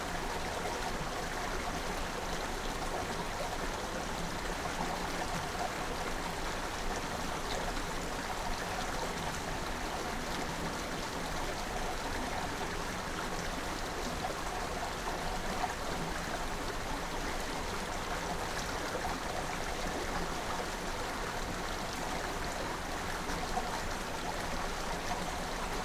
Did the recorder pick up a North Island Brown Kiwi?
no